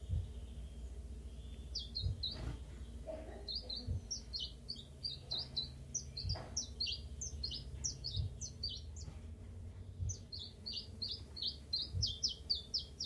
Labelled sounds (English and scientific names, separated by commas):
Common Chiffchaff (Phylloscopus collybita)